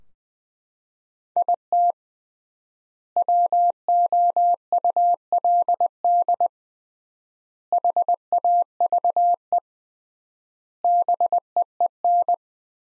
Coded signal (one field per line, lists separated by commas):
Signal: Morse code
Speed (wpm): 20 wpm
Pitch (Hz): 700 Hz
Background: none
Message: IT WOULD HAVE BEEN